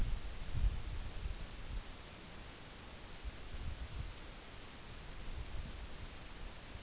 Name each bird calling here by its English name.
none